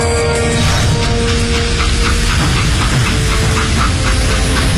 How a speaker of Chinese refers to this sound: 火车的轰鸣声越来越近